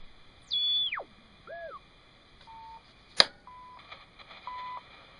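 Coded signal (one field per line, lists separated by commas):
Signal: radio time signal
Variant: CHU Canada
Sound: falling tuning whistle, a click, then three short 1 kHz tones one second apart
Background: radio static, tuning whistles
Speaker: we can also look for a standard station like Chu Canada on 7850 so let's go up there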